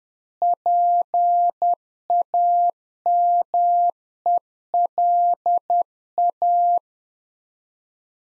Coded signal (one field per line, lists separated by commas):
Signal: Morse code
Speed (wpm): 10 wpm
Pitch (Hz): 700 Hz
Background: none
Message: PAMELA